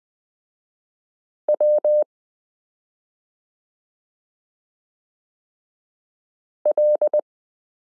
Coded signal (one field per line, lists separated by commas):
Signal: Morse code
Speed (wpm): 20 wpm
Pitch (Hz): 600 Hz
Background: none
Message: W L